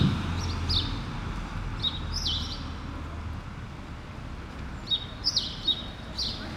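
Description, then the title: Sparrow chirps, a few scattered downslurred notes, then a quicker burst near the end, against constant low traffic rumble. Several sparrows on Rue Keyenveld, Ixelles, Brussels, Belgium, an urban street with passing cars; recorded with Lom Usi Pro microphones into a Zoom F6. "Rue Keyenveld, Ixelles, Bruxelles-Capitale, Belgique - Sparrows - moineaux"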